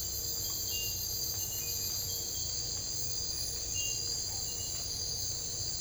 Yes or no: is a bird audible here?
no